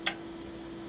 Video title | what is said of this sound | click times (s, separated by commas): Drum Scan on Screen 1045AI: Part II | turn it until you hear it click like that | 0.1 s